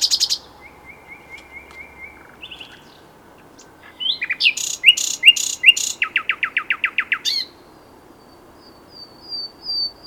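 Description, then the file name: Common nightingale song: soft slurred notes, then loud sharp bursts followed by a quick rhythmic series of repeated notes and a thin high whistle. "Luscinia megarhynchos"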